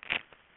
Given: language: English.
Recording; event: throat vibration sensor signal played as sound; swallow